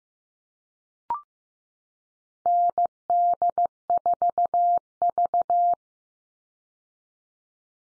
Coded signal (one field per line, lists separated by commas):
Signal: Morse code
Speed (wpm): 15 wpm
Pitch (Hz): 700 Hz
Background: none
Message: ND4V